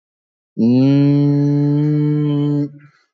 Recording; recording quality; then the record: sustained vowel as in made; poor, much background noise or distortion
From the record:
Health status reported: recovered from COVID-19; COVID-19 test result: positive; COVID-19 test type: RT-PCR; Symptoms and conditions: cough, cold, sore throat, fever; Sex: male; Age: 41 years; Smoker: no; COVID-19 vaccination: both doses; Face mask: not worn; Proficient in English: no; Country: India